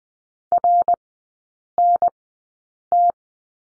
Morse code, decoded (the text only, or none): RNT